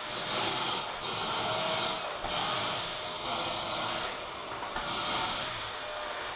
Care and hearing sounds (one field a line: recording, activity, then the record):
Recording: daily activity, microphone in the room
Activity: vacuum cleaning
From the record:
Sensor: 5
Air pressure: 1009.7 hPa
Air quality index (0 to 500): 167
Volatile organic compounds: 4 ppm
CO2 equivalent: 1619 ppm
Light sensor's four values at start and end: 105/276/114/121 and 105/272/112/120